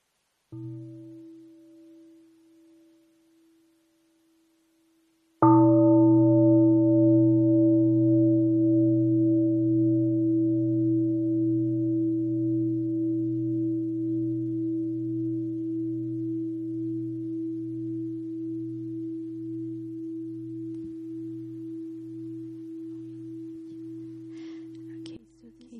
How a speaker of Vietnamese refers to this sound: So we will read the question after a sound of the bell. Thành ra mình sẽ nghe một tiếng chuông và sau đó mình sẽ đọc câu hỏi.